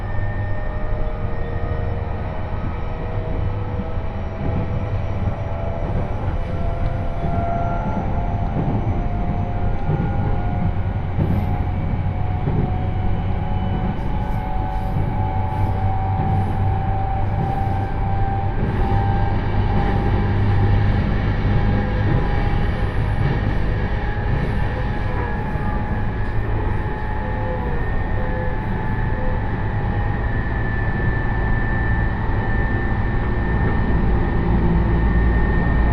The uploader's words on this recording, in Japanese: 耳で楽しむ鉄道旅 常磐線 原ノ町→富岡。車両はE531系の10両編成とこの地域に配置されるにしては長い編成という印象。